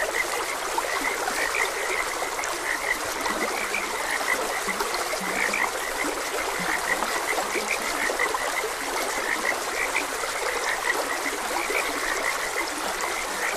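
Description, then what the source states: Frogs giving repeated rasping croaks in a dense chorus, with running water heard throughout. Frogs croaking beside a gentle stream.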